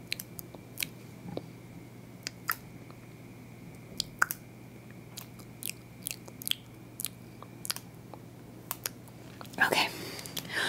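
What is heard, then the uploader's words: Crisp tapping and clicking on small containers, scattered irregularly through the clip every half second or so. A brief, denser crinkly rustle comes near the end. Underneath runs a steady low hum with a faint constant whine above it. ASMR Mystery Triggers with Mystery Containers + personal attention.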